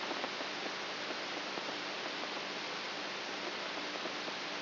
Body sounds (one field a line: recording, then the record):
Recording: brain microelectrode recording played as sound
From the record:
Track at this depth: outside the subthalamic nucleus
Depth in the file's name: 7.24 mm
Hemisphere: right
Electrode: 3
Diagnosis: Parkinson's disease